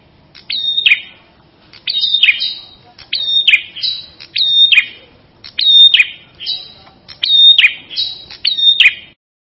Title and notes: Suara Kicau Burung Prenjak Lengkap dan Ngerol